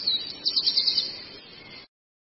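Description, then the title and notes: Long-tailed shrike uttering a quick series of about six sharp, high chirps, then a softer hiss before the sound cuts off. Training recording (masteran) of the long-tailed shrike for teaching songbirds. "Cendet 04. Masteran Burung Cendet"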